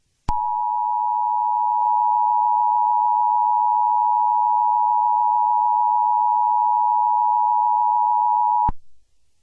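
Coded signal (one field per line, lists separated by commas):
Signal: Emergency Alert System (SAME) tones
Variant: 853 and 960 Hz attention tone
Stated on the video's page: Fan-made EAS scenario, a mock alert.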